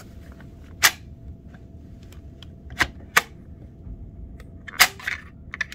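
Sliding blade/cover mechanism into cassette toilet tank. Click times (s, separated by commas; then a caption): 3.2 s. After the seal mechanism is refitted in a Thetford RV cassette toilet tank, the plastic sliding blade or cover is pushed closed to the end of its travel. Sharp plastic clacks are heard around 0.9, 2.8 and 4.8 seconds, with the loudest click at 3.2 seconds. That click is when the blade locks in fully closed.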